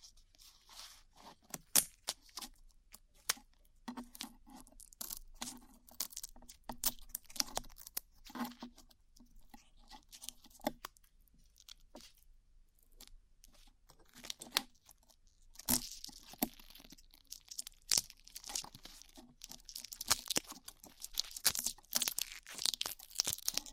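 Glue being peeled away in sticky, crackling pulls, with sharp clicks and snaps scattered throughout. A low, wavering hum runs under the first half, and from about sixteen seconds the peeling grows denser and brighter, with longer tearing rasps.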